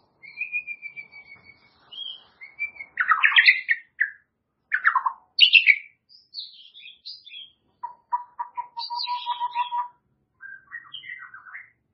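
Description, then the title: White-rumped shama song mixing clear sustained whistles, harsh squawky notes and a low rapid stuttering trill. "murai batu"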